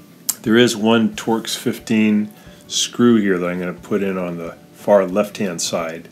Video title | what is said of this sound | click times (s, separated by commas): Leaking Washing Machine—Door Boot Replacement | It'll click into place. | 0.3 s